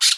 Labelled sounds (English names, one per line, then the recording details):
Brown-throated Parakeet contact call
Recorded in Bonaire
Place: 1 km E of roosting area just N of Seru Largu
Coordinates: 12.199, -68.268